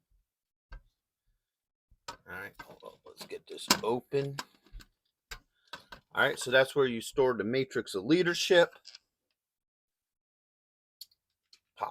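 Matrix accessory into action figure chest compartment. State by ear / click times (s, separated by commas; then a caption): seated / 11.0 s. Someone talks while opening the chest compartment of a Takara Tomy Transformers Masterpiece Hot Rod/Rodimus Prime transforming action figure, with scattered short plastic clicks along the way. The plastic Matrix of Leadership accessory is then pressed into the opened chest compartment and pops in with a sharp click at 11.0 s, seated.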